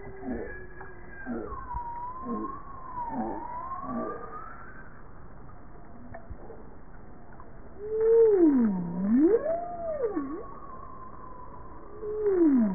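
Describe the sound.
Bowhead whale calls: a run of short notes first, then loud, wavering moans that dip low and climb again, ending in a falling sweep.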